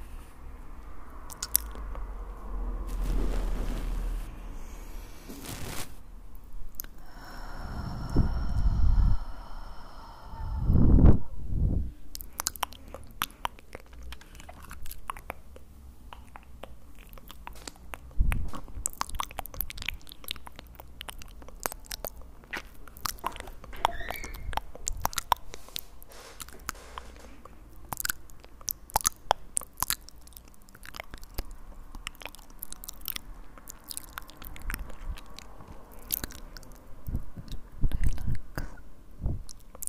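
Relaxing mouth sounds: dense, irregular clicks, wet smacks and chewing crunches throughout, with heavier low thumps around ten to twelve seconds.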